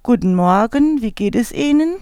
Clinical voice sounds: spoken sentence; German; female; 60 to 69 years; 0; 0; 0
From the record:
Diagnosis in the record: contact pachydermia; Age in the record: 61 years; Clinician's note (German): Verdacht auf Kontaktpachydermie, leicht asymmetrisches Schwingungsbild, unvollständiger Glottisschluß

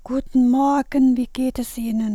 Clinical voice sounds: spoken sentence; German; female; 60 to 69 years; 2; 1; 2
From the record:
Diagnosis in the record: recurrent laryngeal nerve paralysis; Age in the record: 63 years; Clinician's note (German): Links, deutliche Verbesserung gegenüber Vorbefund

